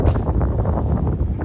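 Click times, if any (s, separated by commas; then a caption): none. A removable C8 Corvette coupe roof panel is lowered so its two bottom prongs line up with the slots in the trunk storage base, over a steady low rumble with wind-like noise. Small handling ticks sound at about 0.3, 0.4, 0.6, 0.8 and 1.1 seconds. The panel has not seated or clicked into place yet.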